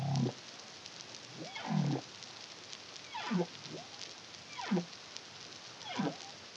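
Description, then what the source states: Humpback whale song units: repeated swooping cries falling into low grunts, about every one and a half seconds, against a hissy underwater background. Song, recorded in the Caribbean (CARIMAM) in 2023.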